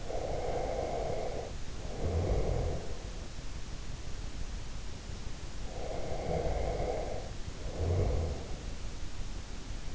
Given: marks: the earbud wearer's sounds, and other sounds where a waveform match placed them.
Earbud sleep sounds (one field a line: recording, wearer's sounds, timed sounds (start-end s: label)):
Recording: sounds in sleep by an in-ear microphone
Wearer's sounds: breath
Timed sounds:
0.00-3.26 s: breath
5.65-8.76 s: breath